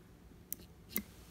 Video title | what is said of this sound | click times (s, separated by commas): GPK-32 Saving SD Card Data Video Manual by SuperDroid Robots (Part 4 of 5) | hear it click and stick out slightly then | 0.5 s, 1.0 s